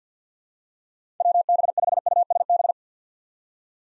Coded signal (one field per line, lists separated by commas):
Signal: Morse code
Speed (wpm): 48 wpm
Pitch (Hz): 700 Hz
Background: none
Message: WB5USB